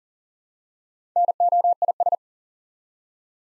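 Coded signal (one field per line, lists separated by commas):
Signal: Morse code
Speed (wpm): 40 wpm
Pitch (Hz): 700 Hz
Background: none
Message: NOIS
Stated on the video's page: Morse practice sending five-letter words one letter at a time at 40 wpm, for instant character recognition training.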